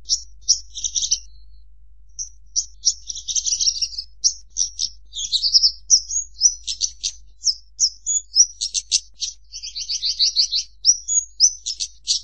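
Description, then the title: Horsfield's bush lark singing a fast, varied string of high chirps, buzzy rattles and clipped whistles, delivered nearly without pause after a brief gap near the start. Song used to train birds; bird singing actively and prolifically (gacor). "SUARA MASTERAN BURUNG BRANJANGAN GACOR"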